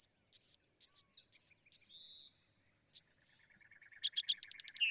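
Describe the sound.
Bewick's wren sings a string of high slurred notes and steady whistles, then a low fine trill and a quick, loud ending trill.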